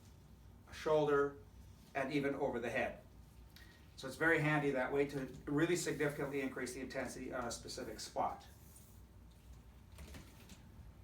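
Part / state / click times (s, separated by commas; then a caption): applicator cable plug into the back of a therapy control unit / not seated / none. An applicator cable plug is pushed into the back of a Curatron Flash PEMF therapy control unit and twisted, while someone talks throughout. Only faint handling sounds are heard, with small bumps around 3.6, 10.0 and 10.5 seconds. Nothing has locked or clicked into place yet.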